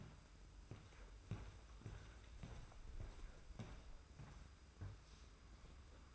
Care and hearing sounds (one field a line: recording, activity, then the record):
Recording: daily activity, microphone in the room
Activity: walk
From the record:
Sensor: 2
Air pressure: 990.6 hPa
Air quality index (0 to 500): 177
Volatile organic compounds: 1000 ppm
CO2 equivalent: 5606 ppm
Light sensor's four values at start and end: 30/70/29/29 and 29/68/28/28